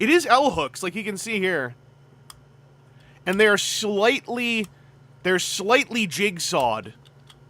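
A plastic toy piece with slightly jigsawed L-hooks is being handled and brought toward its mating toy piece while someone talks. Faint sharp ticks are heard near 2.3 s and 7.3 s between the speech. Nothing has seated or clicked yet.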